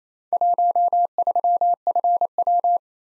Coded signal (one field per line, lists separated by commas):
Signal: Morse code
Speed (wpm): 29 wpm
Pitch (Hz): 700 Hz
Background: none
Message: 13FW